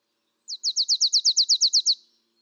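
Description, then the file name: Marsh tit song, a rapid rattle of about twelve identical clear descending notes delivered evenly in under two seconds. "Poecile palustris"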